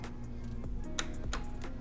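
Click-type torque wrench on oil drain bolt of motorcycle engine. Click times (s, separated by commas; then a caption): 1.0 s. A click-type torque wrench set to 10 Nm tightens the oil drain bolt on the oil sump of a Triumph Bobber motorcycle engine after the bolt has been hand-tightened. A sharp click at 1.0 s marks the wrench reaching its setting, with other faint ticks around it over a steady low background hum. The bolt is torqued to 10 Nm.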